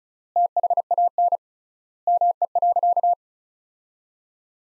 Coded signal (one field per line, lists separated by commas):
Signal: Morse code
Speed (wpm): 35 wpm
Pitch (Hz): 700 Hz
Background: none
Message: THAN ME.